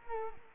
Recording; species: mosquito wingbeat signal from an infrared sensor; Culex quinquefasciatus